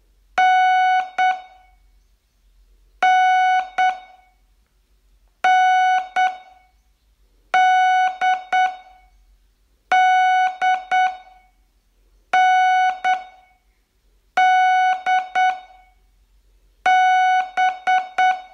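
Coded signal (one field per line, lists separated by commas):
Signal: Morse code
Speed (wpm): 9 wpm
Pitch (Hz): 740 Hz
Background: none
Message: NNNDDNDB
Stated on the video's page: Morse code training, day 19 of a 42-day learning course.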